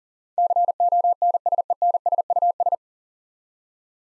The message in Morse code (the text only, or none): CONSENSUS